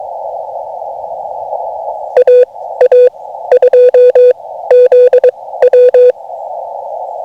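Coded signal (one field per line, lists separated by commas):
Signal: Morse code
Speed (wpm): 22 wpm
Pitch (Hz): 500 Hz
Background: none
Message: AA2ZW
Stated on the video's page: CW park activation pile-up in gusty wind and rough conditions, FT-891 keyed with a paddle into an end-fed half-wave sloper; mostly 20m, some 15m DX.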